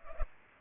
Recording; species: mosquito wingbeat signal from an infrared sensor; Culex pipiens